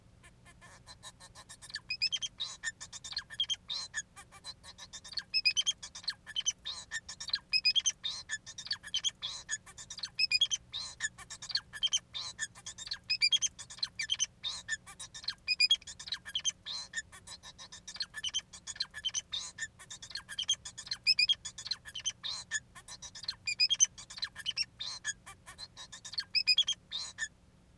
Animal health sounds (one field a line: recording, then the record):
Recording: song of a male Bengalese finch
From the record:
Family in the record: son of father 4